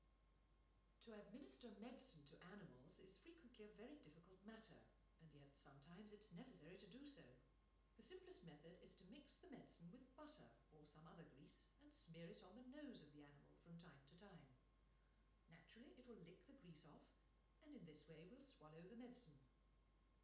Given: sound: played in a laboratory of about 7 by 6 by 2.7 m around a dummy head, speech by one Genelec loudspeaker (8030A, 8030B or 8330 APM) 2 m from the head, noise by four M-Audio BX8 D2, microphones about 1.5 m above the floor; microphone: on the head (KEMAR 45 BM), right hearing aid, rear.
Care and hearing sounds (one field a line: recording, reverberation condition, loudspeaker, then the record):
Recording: female speech in English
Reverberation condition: medium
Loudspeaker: 30 degrees to the right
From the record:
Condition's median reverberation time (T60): about 510 ms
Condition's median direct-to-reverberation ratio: about -0.5 dB